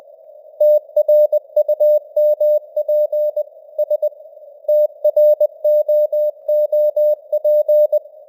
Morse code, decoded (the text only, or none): TRUMP S TROOP